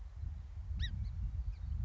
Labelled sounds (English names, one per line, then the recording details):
Song Sparrow
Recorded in Sonoma County, California